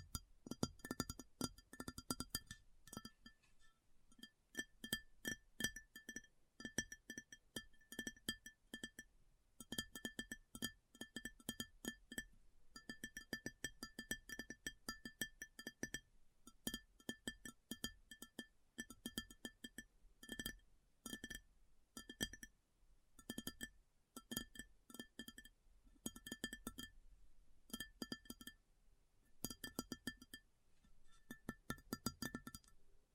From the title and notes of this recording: ASMR Addictive Tapping. (No Talking).